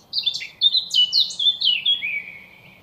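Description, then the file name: Eurasian blackcap giving one short phrase of quick chattering notes that slide into clear, descending fluty whistles. "Sylvia atricapilla"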